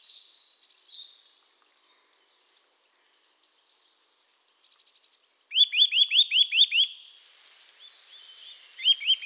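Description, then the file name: Eurasian nuthatch: a stretch of high twittering, then a burst of rapid rising whistles midway, briefly repeated at the end. "Sitta europaea"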